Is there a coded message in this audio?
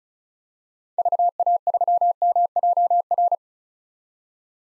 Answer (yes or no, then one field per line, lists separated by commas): yes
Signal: Morse code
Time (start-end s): 1.0-3.3 s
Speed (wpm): 36 wpm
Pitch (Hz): 700 Hz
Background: none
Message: VA3MJR